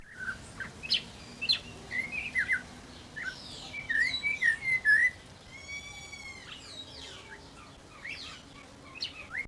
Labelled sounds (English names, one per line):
Snowy-crowned Robin-Chat